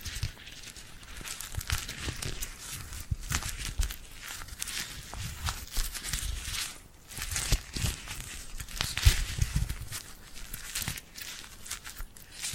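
Sticky glued hands are rubbed and pulled apart in dense, continuous crackling and peeling sounds with soft low thumps, briefly easing near seven seconds.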